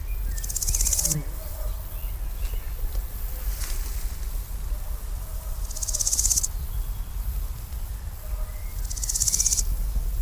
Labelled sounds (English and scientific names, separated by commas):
Large Gold Grasshopper (Chrysochraon dispar) stridulation